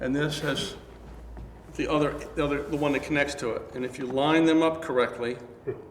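A female XLR cable connector is lined up with the three pins of an SM58 handheld dynamic microphone while someone talks. Nothing has seated or clicked yet.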